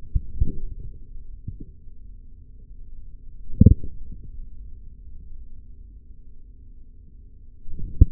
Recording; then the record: forearm muscle sounds (acoustic myography)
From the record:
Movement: forearm pronation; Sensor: system 3, bracelet of six PUI Audio POM-2738L microphones around the upper forearm, with dedicated amplification and filtering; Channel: 4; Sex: male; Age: 43 years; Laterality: right